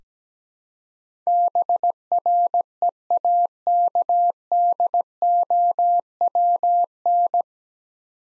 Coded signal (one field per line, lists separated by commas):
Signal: Morse code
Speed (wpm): 17 wpm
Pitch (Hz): 700 Hz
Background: none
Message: BREAKDOWN